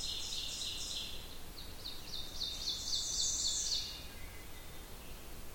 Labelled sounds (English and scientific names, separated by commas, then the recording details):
Ovenbird (Seiurus aurocapilla) song
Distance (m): 55 m
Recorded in boreal forest in Alberta, Canada, on 27 June 2016 at 08:11
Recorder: SongMeter 3, array SBT-6-79
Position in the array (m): 91 m, 208 m
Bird 41